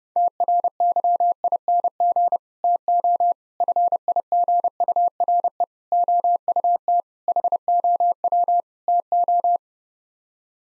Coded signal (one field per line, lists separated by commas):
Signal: Morse code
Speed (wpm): 32 wpm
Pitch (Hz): 700 Hz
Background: none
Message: TRYING TO FIGURE OUT HOW TO